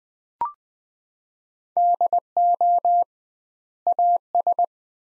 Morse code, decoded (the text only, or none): DO AS